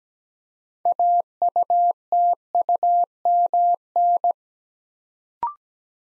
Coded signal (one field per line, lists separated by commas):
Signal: Morse code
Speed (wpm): 17 wpm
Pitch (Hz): 700 Hz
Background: none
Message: AUTUMN